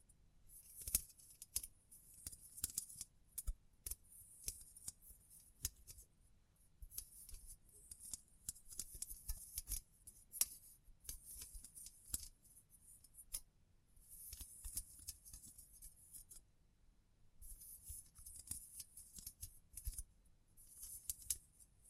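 Tapping, scratching and brushing sounds with crinkly textures, marked by frequent sharp clicks scattered irregularly throughout. Bursts of bright, hissy scratching come and go in stretches of a few seconds, with brief pauses around 6, 13 and 17 seconds. A soft low rumble stays underneath.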